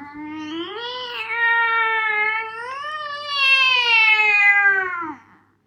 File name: Cat Growl